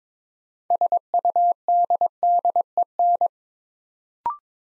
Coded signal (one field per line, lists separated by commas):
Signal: Morse code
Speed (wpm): 22 wpm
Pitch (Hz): 700 Hz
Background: none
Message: SUDDEN